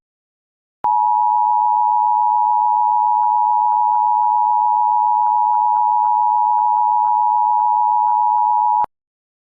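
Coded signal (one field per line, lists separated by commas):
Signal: Emergency Alert System (SAME) tones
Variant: 853 and 960 Hz attention tone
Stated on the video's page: Mock EAS alerts, some recreational, from unreleased content.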